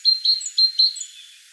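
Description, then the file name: Great tit calling: four clear, high, thin notes in quick succession with fainter higher notes, then fading out. "Parus major"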